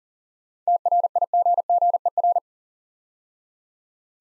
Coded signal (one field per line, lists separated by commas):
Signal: Morse code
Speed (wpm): 42 wpm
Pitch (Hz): 700 Hz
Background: none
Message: TRIGGER